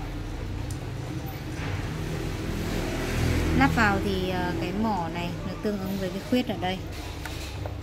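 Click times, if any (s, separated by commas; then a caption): none. A bobbin case is held and lined up so its tab matches the notch in the shuttle race of a Jaguar mini sewing machine, before it is pressed home. Someone talks over a low steady background hum, with a few faint ticks. Nothing has seated or clicked yet.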